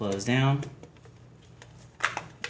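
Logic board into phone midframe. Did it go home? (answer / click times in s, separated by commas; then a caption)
yes / 2.0 s, 2.4 s. A phone logic board is lowered back into the midframe of a Samsung Galaxy Note 4, charging port end first, then pressed down while someone talks. Faint soft taps follow. The board audibly snaps into place with sharp clicks at 2.0 s and 2.4 s, seating it in the frame.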